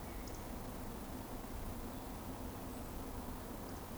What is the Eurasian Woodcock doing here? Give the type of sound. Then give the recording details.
whistle. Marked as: whistle, whistle. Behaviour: display flight. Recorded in Baden-Württemberg, Germany, on 25 June 2020 at 19:47 UTC. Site 14569, 102 m above sea level